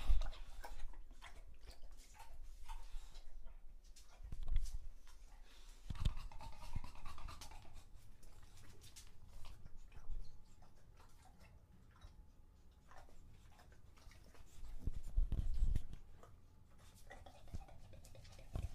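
An English bulldog drinks from a water bowl, with quick wet lapping and slurping that come in short bursts. The sound is close and low, with louder thumps near 4–6 and 15–16 seconds, and a faint panting or breathing between the laps.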